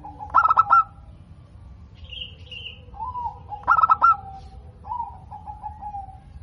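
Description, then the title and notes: Zebra dove song with stuttered, pulsing coo bursts and rolling lower notes. A brief higher-pitched bird call sounds in between over a low background hum. Local-strain zebra dove singing frequently and actively, its voice described as crystal-clear and loud. "PERKUTUT LOKAL GACOR Suara KRISTAL LANTANG. Kicau Burung Perkutut"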